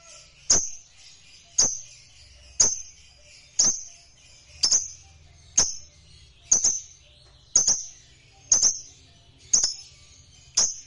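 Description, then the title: Lovebird calls, short sharp high chips repeated roughly once a second in a steady series, quiet between each note. Lovebird sound used to stimulate a lazy lovebird that is not singing to start singing spontaneously. "LOVEBIRD Malas Bunyi"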